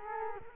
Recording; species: mosquito wingbeat signal from an infrared sensor; Culex quinquefasciatus